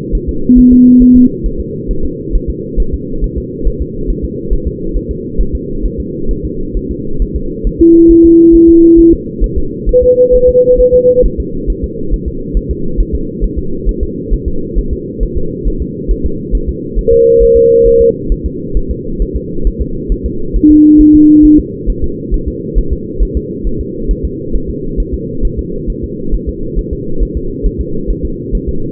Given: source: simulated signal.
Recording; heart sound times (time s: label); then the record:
fetal heart sounds
0.15 s: S1
0.29 s: S2
0.59 s: S1
0.73 s: S2
1.02 s: S1
1.16 s: S2
1.46 s: S1
1.61 s: S2
1.91 s: S1
2.05 s: S2
2.35 s: S1
2.50 s: S2
2.80 s: S1
2.94 s: S2
3.24 s: S1
3.38 s: S2
3.67 s: S1
3.82 s: S2
4.10 s: S1
4.25 s: S2
4.53 s: S1
4.68 s: S2
4.97 s: S1
5.11 s: S2
5.41 s: S1
5.55 s: S2
5.86 s: S1
6.00 s: S2
6.31 s: S1
6.45 s: S2
6.77 s: S1
6.91 s: S2
7.22 s: S1
7.36 s: S2
7.67 s: S1
7.81 s: S2
8.11 s: S1
8.25 s: S2
8.55 s: S1
8.69 s: S2
8.99 s: S1
9.13 s: S2
9.44 s: S1
9.58 s: S2
9.89 s: S1
10.03 s: S2
10.35 s: S1
10.49 s: S2
10.81 s: S1
10.95 s: S2
11.26 s: S1
11.40 s: S2
11.70 s: S1
11.84 s: S2
12.14 s: S1
12.28 s: S2
12.57 s: S1
12.71 s: S2
13.00 s: S1
13.15 s: S2
13.44 s: S1
13.59 s: S2
13.89 s: S1
14.03 s: S2
14.34 s: S1
14.48 s: S2
14.79 s: S1
14.93 s: S2
15.23 s: S1
15.38 s: S2
15.68 s: S1
15.82 s: S2
16.11 s: S1
16.26 s: S2
16.55 s: S1
16.69 s: S2
16.99 s: S1
17.13 s: S2
17.43 s: S1
17.57 s: S2
17.87 s: S1
18.01 s: S2
18.32 s: S1
18.46 s: S2
18.77 s: S1
18.91 s: S2
19.22 s: S1
19.37 s: S2
19.67 s: S1
19.82 s: S2
20.12 s: S1
20.26 s: S2
20.57 s: S1
20.71 s: S2
21.01 s: S1
21.15 s: S2
21.45 s: S1
21.60 s: S2
21.90 s: S1
22.04 s: S2
22.34 s: S1
22.48 s: S2
22.78 s: S1
22.93 s: S2
23.23 s: S1
23.37 s: S2
23.67 s: S1
23.81 s: S2
24.11 s: S1
24.25 s: S2
24.55 s: S1
24.70 s: S2
25.00 s: S1
25.14 s: S2
25.45 s: S1
25.59 s: S2
25.90 s: S1
26.04 s: S2
26.34 s: S1
26.49 s: S2
26.79 s: S1
26.93 s: S2
27.23 s: S1
27.37 s: S2
27.66 s: S1
27.81 s: S2
28.11 s: S1
28.25 s: S2
28.55 s: S1
28.69 s: S2
From the record:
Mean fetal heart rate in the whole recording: 135 bpm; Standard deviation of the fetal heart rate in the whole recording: 3 bpm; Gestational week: 36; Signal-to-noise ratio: -8.1 dB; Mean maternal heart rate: 72 bpm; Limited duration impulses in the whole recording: present